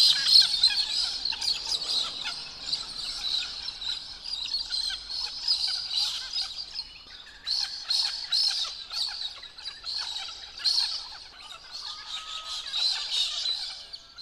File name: Galah